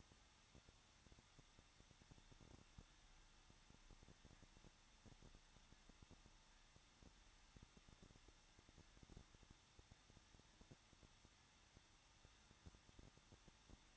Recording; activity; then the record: daily activity, microphone in the room; no activity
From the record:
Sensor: 3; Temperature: 21.2 degrees Celsius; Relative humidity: 36.3%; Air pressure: 1006.3 hPa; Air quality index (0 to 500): 223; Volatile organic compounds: 42 ppm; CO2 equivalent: 3179 ppm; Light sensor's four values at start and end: 2/3/2/2 and 2/3/2/2